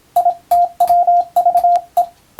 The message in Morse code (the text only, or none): ITWVE